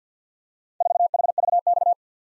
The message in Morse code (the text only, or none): 4HVX